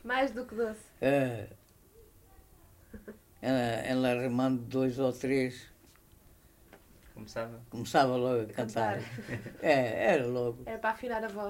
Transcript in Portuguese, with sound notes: Mais do que doce. [vocalização]
Em lhe arrumando dois ou três [pausa] começava logo a cantar.
Começava…
É, era logo.
Era para afinar a voz.